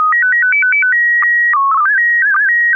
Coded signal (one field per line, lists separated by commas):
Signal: SSTV (slow-scan television)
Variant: PD 120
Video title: N6NA SSTV Net - 01/08/2025